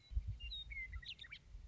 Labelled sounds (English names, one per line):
Western Meadowlark